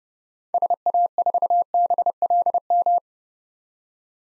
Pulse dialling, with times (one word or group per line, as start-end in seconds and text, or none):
none